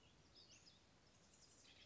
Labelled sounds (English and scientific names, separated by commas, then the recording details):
Western Flycatcher (Empidonax difficilis)
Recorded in Sonoma County, California